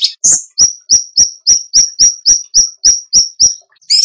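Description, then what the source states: Bird calls: a steady series of short, sharp, high chips, roughly three or four per second, with other brief notes at the start and end. Masteran training recording in the tembakan gacor style.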